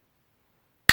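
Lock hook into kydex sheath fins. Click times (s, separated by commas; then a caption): 0.9 s. A Kydex sheath's locking mechanism is pushed into the fold of the lock so its hook seats into the Kydex sheath fins and locks up around a folding knife. After near silence, one sharp, bright click sounds at 0.9 s. The sheath lock clicks closed and is seated.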